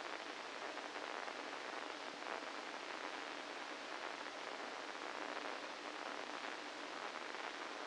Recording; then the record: brain microelectrode recording played as sound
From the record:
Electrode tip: inside the subthalamic nucleus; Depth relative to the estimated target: -3 mm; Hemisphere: right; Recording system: NeuroSet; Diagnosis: Parkinson's disease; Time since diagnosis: 8 years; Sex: male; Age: 65 years